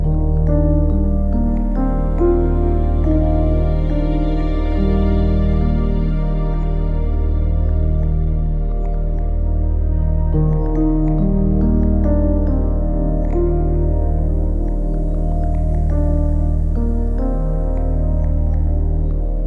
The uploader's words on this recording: King David's Wind Chime. These chimes are larger, deeper, and more sonorous than the ones you typically imagine. They're also in a specific key, so they sound beautiful when you hear all the notes playing together. Because they're so big, you get really wonderful harmonic richness when they ring together and you start to hear overtones.